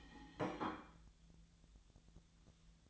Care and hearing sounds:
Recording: daily activity, microphone in the room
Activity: place plate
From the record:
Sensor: 3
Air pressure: 1009.4 hPa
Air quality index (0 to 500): 198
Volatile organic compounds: 17 ppm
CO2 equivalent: 2565 ppm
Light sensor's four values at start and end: 33/81/35/37 and 33/82/35/37

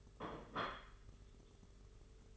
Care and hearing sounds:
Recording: daily activity, microphone in the room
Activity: place plate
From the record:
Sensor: 4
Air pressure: 991.7 hPa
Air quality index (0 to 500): 125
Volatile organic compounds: 34 ppm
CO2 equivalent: 3031 ppm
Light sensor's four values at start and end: 19/64/24/24 and 19/64/24/24

